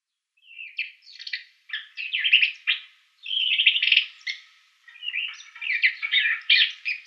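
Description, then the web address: Isabelline shrike song: rapid jumbled phrases of harsh chatters and squeaky notes, delivered in bursts with short gaps, no other sounds. "Schulze Peter Isabelline Shrike song"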